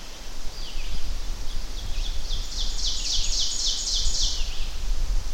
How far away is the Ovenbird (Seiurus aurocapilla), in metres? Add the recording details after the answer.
about 20 m. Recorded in boreal forest in Alberta, Canada, on 10 June 2016 at 06:58. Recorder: SongMeter 3, array SBT-3-39. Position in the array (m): 196 m, 89 m. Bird 17